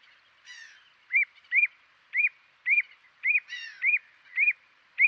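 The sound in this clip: Bird calls: two harsh, rasping bursts among a steady run of short arched whistles, given roughly every half second.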